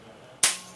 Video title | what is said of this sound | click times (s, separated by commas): Geek Beat Archives Unboxing EcoReco M3 Electric Scooter | this up and then watch this piece is going to snap in place | 0.4 s